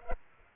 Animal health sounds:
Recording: mosquito wingbeat signal from an infrared sensor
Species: Culex pipiens

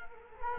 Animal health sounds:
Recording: mosquito wingbeat signal from an infrared sensor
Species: Culex quinquefasciatus

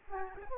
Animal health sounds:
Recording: mosquito wingbeat signal from an infrared sensor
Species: Aedes aegypti

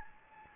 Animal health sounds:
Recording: mosquito wingbeat signal from an infrared sensor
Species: Anopheles gambiae

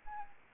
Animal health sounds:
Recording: mosquito wingbeat signal from an infrared sensor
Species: Anopheles arabiensis

